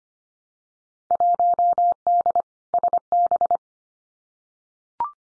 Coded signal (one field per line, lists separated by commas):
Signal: Morse code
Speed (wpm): 25 wpm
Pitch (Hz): 700 Hz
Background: none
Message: 1D SB